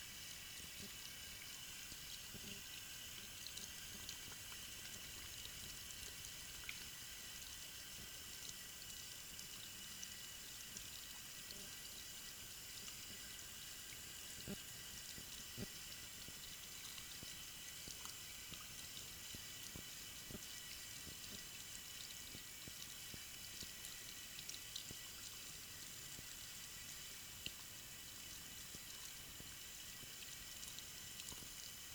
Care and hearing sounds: daily activity, guitar pickup as the sensor; wash hands

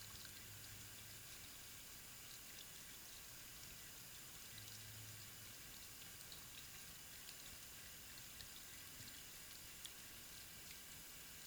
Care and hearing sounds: daily activity, guitar pickup as the sensor; wash hands

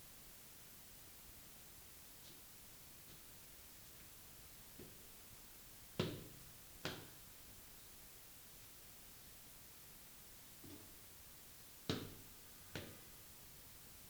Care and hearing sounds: daily activity, guitar pickup as the sensor; go upstairs

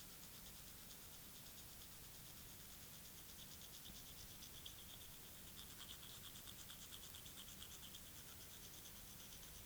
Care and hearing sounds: daily activity, guitar pickup as the sensor; brush teeth

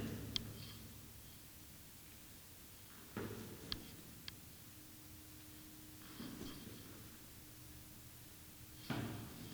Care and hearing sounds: daily activity, guitar pickup as the sensor; go downstairs

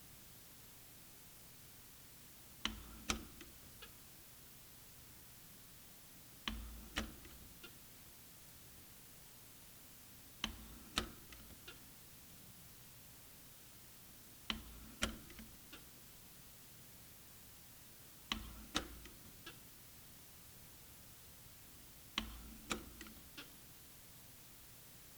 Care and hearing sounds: daily activity, guitar pickup as the sensor; manipulate door

